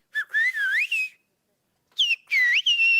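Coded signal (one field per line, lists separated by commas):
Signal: whistled language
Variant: Greek Sfyria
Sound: two whistled phrases of rising and falling pitch glides separated by silence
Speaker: And this is how they invite their friends to lunch, using a technique that distinctly transmits the message for miles between hill tops.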